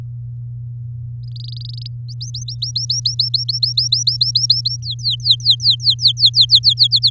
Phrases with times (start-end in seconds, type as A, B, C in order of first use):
1.23-1.87 A, 2.08-4.76 B, 4.82-6.87 C, 6.91-7.10 D